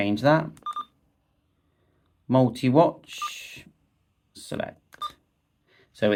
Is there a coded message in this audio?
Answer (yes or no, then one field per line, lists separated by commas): no